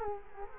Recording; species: mosquito wingbeat signal from an infrared sensor; Culex quinquefasciatus